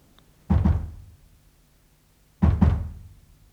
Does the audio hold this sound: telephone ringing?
no